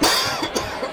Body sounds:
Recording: coughing mixed with background sound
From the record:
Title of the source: Dry Coughing Fit in the Afternoon.

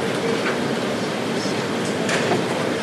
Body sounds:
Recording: background sound without coughing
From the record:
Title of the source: Office Sounds Ambience - Background Noise for Study and Work

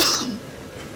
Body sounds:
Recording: coughing mixed with background sound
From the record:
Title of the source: November cold (wet coughing)

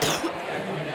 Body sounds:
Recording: coughing mixed with background sound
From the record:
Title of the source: Wet coughing

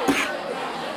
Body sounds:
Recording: coughing mixed with background sound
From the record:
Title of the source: 64 coughing, allergies, singing lungs

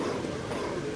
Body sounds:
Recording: coughing mixed with background sound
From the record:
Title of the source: Coughing 77

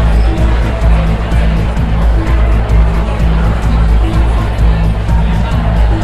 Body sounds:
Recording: background sound without coughing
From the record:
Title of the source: Party Noise 1 Hour Party Ambience

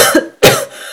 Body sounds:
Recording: coughing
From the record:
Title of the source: Coughing Woman Sound - Woman Cough Sound Effect

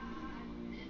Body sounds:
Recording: background sound without coughing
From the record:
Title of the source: BackgroundMusic2

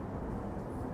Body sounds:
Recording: background sound without coughing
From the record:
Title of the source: Train Ride Ambience ambient white noise for sleeping, focus, studying, reading

